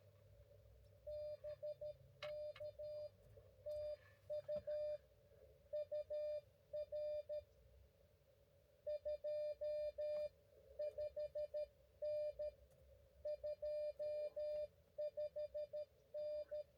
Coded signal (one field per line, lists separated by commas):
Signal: Morse code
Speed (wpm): 13 wpm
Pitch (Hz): 590 Hz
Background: none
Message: BK TU UR 25N 25N